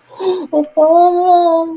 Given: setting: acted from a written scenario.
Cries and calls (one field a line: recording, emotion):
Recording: vocal sound without words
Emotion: fear